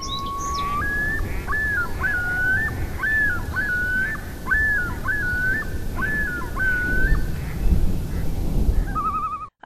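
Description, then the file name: Loon wailing call: a long rising note followed by a series of repeated, warbling two-part phrases, with a steady low rumble of background noise. "Nature Challenge Loons"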